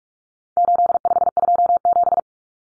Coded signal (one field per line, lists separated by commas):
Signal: Morse code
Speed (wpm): 44 wpm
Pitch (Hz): 700 Hz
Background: none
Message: 8527